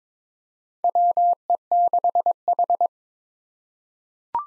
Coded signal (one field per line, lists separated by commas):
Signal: Morse code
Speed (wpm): 22 wpm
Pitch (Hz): 700 Hz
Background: none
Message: WE6H